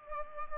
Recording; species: mosquito wingbeat signal from an infrared sensor; Culex pipiens